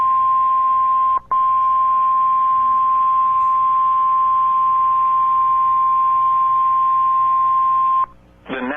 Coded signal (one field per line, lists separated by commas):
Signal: Emergency Alert System (SAME) tones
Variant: 1050 Hz attention tone